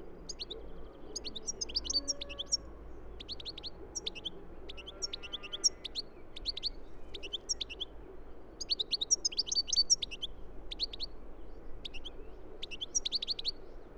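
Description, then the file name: European goldfinch calls: bright, tinkling twitters in short bursts separated by brief pauses, with faint lower bird notes and a constant low hum behind. "Carduelis carduelis"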